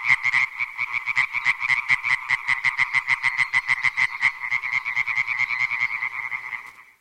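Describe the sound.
European tree frog calling: a loud, fast series of rhythmic, nasal clacking notes repeated several times per second, continuing steadily for about seven seconds before fading.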